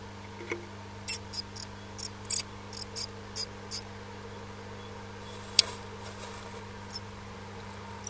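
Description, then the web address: Bird calls: a series of short, very high, thin ticks in quick bursts, then a few scattered later, over a steady low electrical hum. Recorded in a nest box on 15 May 2005 at 14:11. "nistkasten 20050515 1411"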